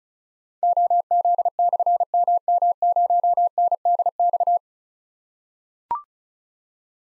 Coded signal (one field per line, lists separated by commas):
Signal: Morse code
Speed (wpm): 36 wpm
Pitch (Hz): 700 Hz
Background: none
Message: OZ/MM0NDX